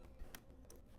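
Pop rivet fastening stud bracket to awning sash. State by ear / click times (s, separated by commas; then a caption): seated / 0.3 s. A pop rivet is set with a hand riveter through the stud bracket into the sash of a Marvin Essential awning window while pushing hard toward the sash. A sharp, bright snap at 0.3 s marks the mandrel breaking off as the rivet tightens, followed by a fainter tick at 0.7 s. The rivet is seated.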